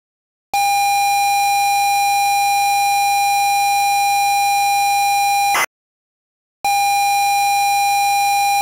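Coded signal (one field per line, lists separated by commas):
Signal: ZX Spectrum tape loading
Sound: steady buzzy lead tone for five seconds, brief chirp, one-second silence, lead tone again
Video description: Were you able to find which game's loading sound was used as soundtrack?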